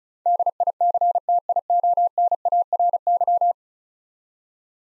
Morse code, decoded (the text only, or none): DICTIONARY